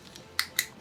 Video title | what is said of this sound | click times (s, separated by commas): HE'S GIANT - Jakks Pacific Giant Mecha Sonic Vs Sonic Playset Unboxing & Review | click them back in and then he doesn't move. | 0.4 s, 0.6 s